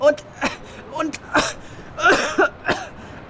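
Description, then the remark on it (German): A child coughs repeatedly, about eight short, harsh bursts in an uneven rhythm, some coming in quick pairs, with brief wheezy breaths between them. “Jetzt hast du auch den Husten?”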